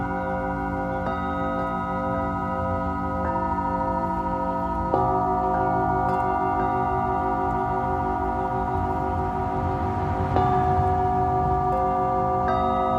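Tibetan singing bowls ring in long sustained tones, freshly struck around five and ten seconds, their layered hum swelling slightly louder each time.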